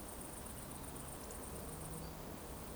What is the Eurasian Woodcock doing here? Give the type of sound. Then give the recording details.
whistle. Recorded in Baden-Württemberg, Germany, on 23 June 2020 at 20:21 UTC. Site 14569, 102 m above sea level